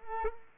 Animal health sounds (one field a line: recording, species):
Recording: mosquito wingbeat signal from an infrared sensor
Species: Culex pipiens